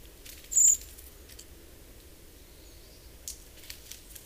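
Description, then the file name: Common blackbird making one short, piercing, high-pitched seee call early on, followed by quiet moments with a few soft ticks. "Turdus merula"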